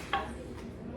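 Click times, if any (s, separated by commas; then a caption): 0.1 s. A metal lid on a glass canning jar of tomato sauce, left to cool after canning, pulls down and seals on its own without being pushed by hand. A single short, bright tick sounds at 0.1 s over a quiet background. The lid pops into place, and the jar is sealed.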